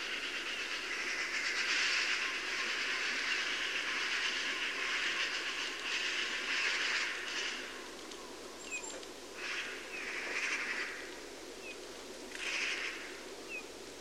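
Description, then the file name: Eurasian magpie chattering almost continuously in rough, rasping runs, then in shorter separate bursts toward the end. "Pica pica"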